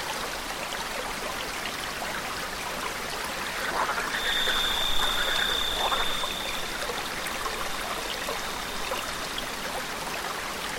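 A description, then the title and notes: A waterfall pours steadily into a pool, a dense, even rush of water that fills the highs and mids and never lets up. Around the middle, a thin, high insect-like whine holds for a few seconds and then fades. You push aside a banana leaf to find a cascading waterfall streaming down into a green pool. Insects sing.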